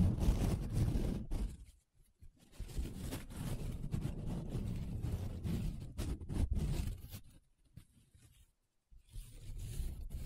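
Paper being rubbed and scratched in long, rough strokes, a dense grainy rasp with a low rumbling body. The scraping runs steadily, breaks off near two seconds, resumes until about seven, then stops nearly silent before a final stretch of rubbing.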